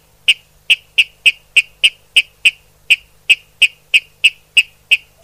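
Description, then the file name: Water rail calling a fast series of sharp, dry kip notes, about three each second, steady and evenly loud throughout. "Rallus aquaticus sequence"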